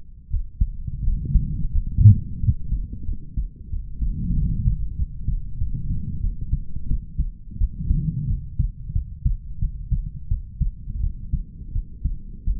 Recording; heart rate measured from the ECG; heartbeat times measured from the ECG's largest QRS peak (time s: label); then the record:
heart sounds by stethoscope; 89 bpm
0.29 s: heartbeat
1.03 s: heartbeat
1.71 s: heartbeat
2.39 s: heartbeat
3.05 s: heartbeat
3.69 s: heartbeat
4.34 s: heartbeat
4.95 s: heartbeat
5.57 s: heartbeat
6.20 s: heartbeat
6.87 s: heartbeat
7.57 s: heartbeat
8.26 s: heartbeat
8.92 s: heartbeat
9.59 s: heartbeat
10.28 s: heartbeat
11.00 s: heartbeat
11.72 s: heartbeat
12.44 s: heartbeat
From the record:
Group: healthy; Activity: cold pressor test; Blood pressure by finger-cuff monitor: 108/69 mmHg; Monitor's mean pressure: 93 mmHg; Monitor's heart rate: 89 bpm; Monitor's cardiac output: 5.7 L/min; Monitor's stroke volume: 63 mL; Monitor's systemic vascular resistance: 1080 dyn s/cm5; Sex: male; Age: 20 years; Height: 187 cm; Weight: 68.9 kg